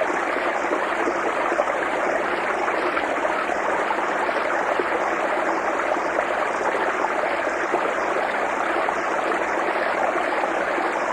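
A mountain stream rushes steadily, a dense, unbroken hiss of moving water that stays at the same level throughout. The sound is full, strongest in the middle and upper range, with a faint wavering shimmer near the top and little low rumble.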